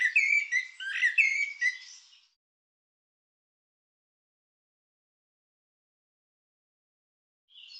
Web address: cianscape birddata Deverinetal Bird Tu Me Tu Me